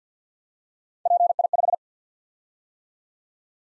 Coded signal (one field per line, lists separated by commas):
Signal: Morse code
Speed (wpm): 47 wpm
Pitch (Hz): 700 Hz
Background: none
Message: PI5